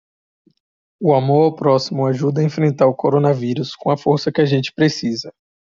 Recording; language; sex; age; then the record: spoken sentence; Brazilian Portuguese; male; 20 to 29 years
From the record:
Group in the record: control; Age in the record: 21 years